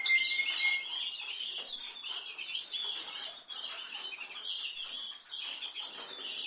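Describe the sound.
Canary chirping continuously in quick high twittering notes with short trilled runs, fairly steady throughout.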